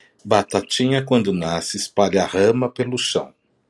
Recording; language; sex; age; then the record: short text; Brazilian Portuguese; male; 50 to 59 years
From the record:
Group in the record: control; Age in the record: 52 years